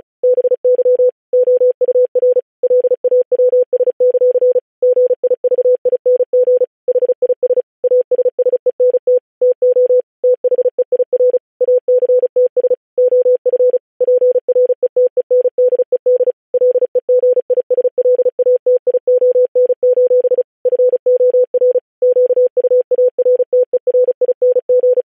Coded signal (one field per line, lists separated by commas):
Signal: Morse code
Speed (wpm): 36 wpm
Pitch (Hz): 500 Hz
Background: none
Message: BY OUR LAWS; GIVING HIS ASSENT TO THEIR ACTS OF PRETENDED LEGISLATION: FOR QUARTERING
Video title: July 4, 1776. The Declaration of the thirteen united States of America in Morse Code